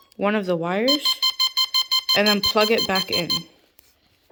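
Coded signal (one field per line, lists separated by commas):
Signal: none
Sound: hovercraft startup beeps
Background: speech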